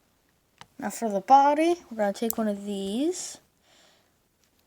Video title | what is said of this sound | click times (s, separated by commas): Lego Goop from Ben 10! (How to build) | you're going to clip them like so | 0.6 s